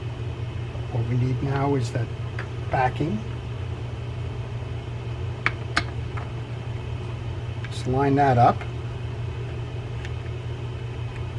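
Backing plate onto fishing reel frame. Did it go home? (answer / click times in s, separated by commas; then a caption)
no / none. The backing plate (side plate) of an Okuma Cold Water 303D round baitcasting fishing reel is handled and lined up over the internal gear set on the reel frame while someone talks against a steady low hum. Brief sharp handling ticks sound around 5.5 s and 5.8 s. Nothing has seated or snapped into place yet.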